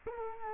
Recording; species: mosquito wingbeat signal from an infrared sensor; Culex quinquefasciatus